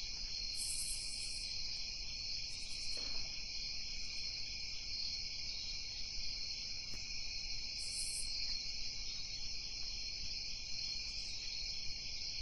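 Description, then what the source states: Crickets trilling in a dense, unbroken shrill chorus, with short higher buzzing bursts breaking in a few times over a faint low background rumble. At night.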